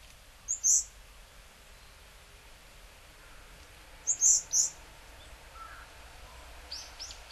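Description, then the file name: Varied tit giving two spaced bursts of sharp, very high notes, each two or three quick calls, over steady faint background hiss. Hyogo, February 2009. "yamagara 0902 hyogo kaji"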